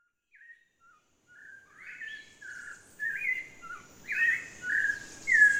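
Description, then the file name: Thrush song: varied whistled phrases that start soft and grow louder, some rising and some slurred, following one another with short pauses. "grive"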